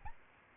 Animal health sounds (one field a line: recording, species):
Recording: mosquito wingbeat signal from an infrared sensor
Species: Aedes albopictus